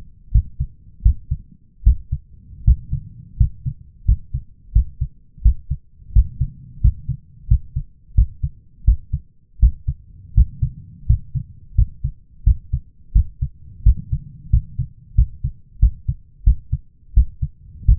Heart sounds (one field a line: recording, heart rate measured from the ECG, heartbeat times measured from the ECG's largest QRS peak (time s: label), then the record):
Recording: heart sounds by stethoscope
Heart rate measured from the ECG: 86 bpm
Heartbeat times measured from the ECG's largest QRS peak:
0.32 s: heartbeat
1.03 s: heartbeat
1.84 s: heartbeat
2.64 s: heartbeat
3.37 s: heartbeat
4.05 s: heartbeat
4.72 s: heartbeat
5.42 s: heartbeat
6.13 s: heartbeat
6.81 s: heartbeat
7.48 s: heartbeat
8.15 s: heartbeat
8.84 s: heartbeat
9.59 s: heartbeat
10.34 s: heartbeat
11.06 s: heartbeat
11.75 s: heartbeat
12.44 s: heartbeat
13.13 s: heartbeat
13.83 s: heartbeat
14.50 s: heartbeat
15.15 s: heartbeat
15.79 s: heartbeat
16.44 s: heartbeat
17.14 s: heartbeat
17.85 s: heartbeat
From the record:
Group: healthy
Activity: rest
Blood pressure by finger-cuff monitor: 156/112 mmHg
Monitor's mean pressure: 121 mmHg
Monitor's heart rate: 88 bpm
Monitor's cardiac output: 6.9 L/min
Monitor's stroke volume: 80 mL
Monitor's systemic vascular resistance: 1320 dyn s/cm5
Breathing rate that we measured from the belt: 16 breaths a minute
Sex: male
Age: 23 years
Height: 179 cm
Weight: 87 kg